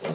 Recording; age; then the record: pig call; piglet (1 to 25 days)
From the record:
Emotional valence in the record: positive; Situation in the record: huddling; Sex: female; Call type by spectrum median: low-frequency call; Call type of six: low-frequency tonal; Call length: 0.14 s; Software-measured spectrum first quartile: 350 Hz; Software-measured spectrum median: 615 Hz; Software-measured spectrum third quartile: 1770 Hz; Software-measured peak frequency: 557 Hz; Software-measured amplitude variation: 110 dB a second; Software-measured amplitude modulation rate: 24.3 a second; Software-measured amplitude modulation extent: 4.5 dB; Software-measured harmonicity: 0.8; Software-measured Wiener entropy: -1.58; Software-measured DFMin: 1028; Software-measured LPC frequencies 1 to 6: 528, 2164, 2934, 4402, 5406, 6649 Hz